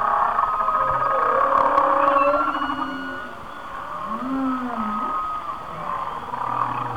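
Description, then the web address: A whale sings drawn-out wavering notes, including a low moan that rises then dips, beneath a bright band of higher tones. "Natures Songs Whale Songs Whale Songs- Mike Mc Donald"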